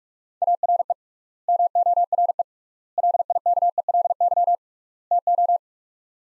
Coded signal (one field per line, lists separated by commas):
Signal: Morse code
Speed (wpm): 46 wpm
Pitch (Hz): 700 Hz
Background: none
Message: ARE MORE LIKELY TO